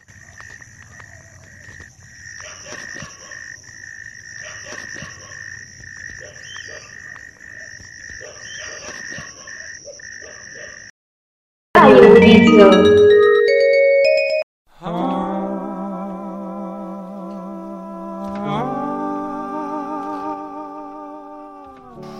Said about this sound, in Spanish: Lo que intenté manifestar de alguna manera es la perspectiva de un insecto tan inocente como un grillo en su templanza al observar la noche con el ruido rutinario de la ciudad de Buenos Aires, en este caso, ¿sí?